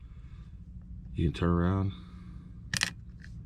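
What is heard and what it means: A new CR2450 coin cell is flipped around and pressed into the plastic housing of a 2017 Ford Edge 5-button smart key fob, but it fails to latch in place. Someone talks briefly, then a pair of sharp plastic clicks is heard near 2.8 seconds, followed by a faint tick at 3.2 seconds. The battery has not seated or latched.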